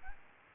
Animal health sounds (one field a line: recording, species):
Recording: mosquito wingbeat signal from an infrared sensor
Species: Aedes aegypti